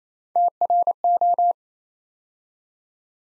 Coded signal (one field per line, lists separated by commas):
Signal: Morse code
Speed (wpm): 29 wpm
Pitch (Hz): 700 Hz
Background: none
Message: TRO